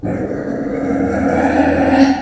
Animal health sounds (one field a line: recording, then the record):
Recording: squeal of a Yucatan mini pig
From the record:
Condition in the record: after surgery on the right vocal fold (resection and tissue-engineered implant)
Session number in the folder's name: 2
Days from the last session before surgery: 18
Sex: female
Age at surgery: 19 weeks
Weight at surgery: 25 kg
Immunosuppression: prednisolone